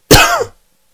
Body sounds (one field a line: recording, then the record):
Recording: coughing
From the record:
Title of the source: Coughing 51